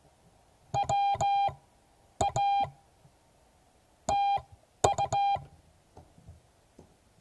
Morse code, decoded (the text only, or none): WA TU